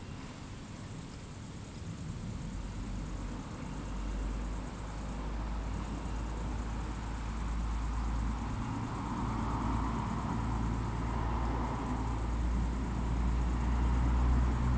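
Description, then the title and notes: Steady high-pitched cricket trilling continues throughout, broken by two brief lulls, over a prominent low droning rumble from vehicles. Crickets at night in Aveize, France, with cars in the distance; recorded with a DPA-2006c AB pair into an SD MixPre-3. "69610 Aveize, France - Grillons - Crickets. Grillons la nuit, quelques voitures dans le lointain. Crickets at night, cars in the distance"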